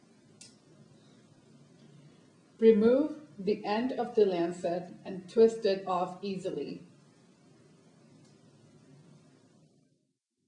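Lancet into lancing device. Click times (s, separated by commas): 0.4 s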